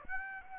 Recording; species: mosquito wingbeat signal from an infrared sensor; Aedes aegypti